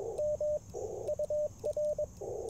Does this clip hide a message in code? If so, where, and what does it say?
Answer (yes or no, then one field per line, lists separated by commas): yes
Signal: Morse code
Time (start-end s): 0.2-2.0 s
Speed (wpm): 22 wpm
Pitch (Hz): 600 Hz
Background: radio noise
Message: M UR